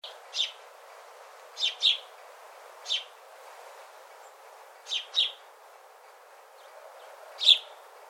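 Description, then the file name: House sparrow chirps, single and doubled notes at irregular spacing, with one louder chirp near the end and light background hiss. "Passer domesticus"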